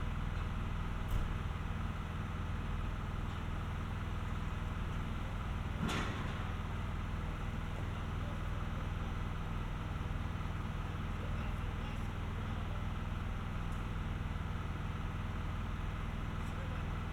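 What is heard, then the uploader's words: Pothole repairs on a road: a heavy engine idles steadily throughout, its low droning hum constant. A single sharp knock or clang rings out around six seconds, with a few faint ticks and taps scattered elsewhere over the machine's noise. Pothole Repairs, Dragon Road.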